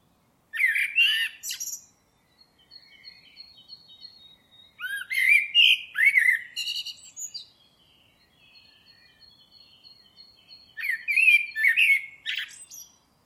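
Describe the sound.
Bird calling in three bursts of quick chirpy, swooping notes, with a thin steady high whistle held faintly between them.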